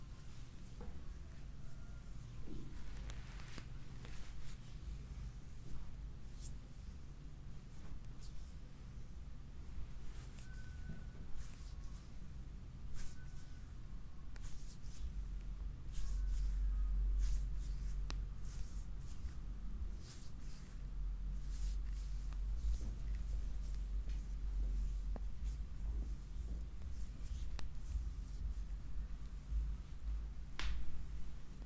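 An oil foot massage in a chair: a steady low hum that swells after fifteen seconds, with frequent soft slick taps and rubs.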